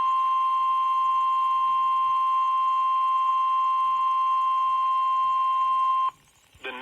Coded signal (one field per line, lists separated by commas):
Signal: Emergency Alert System (SAME) tones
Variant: 1050 Hz attention tone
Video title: EAS #1,696 Online NOAA Weather Radio Severe T’storm Warning #5 12/28/24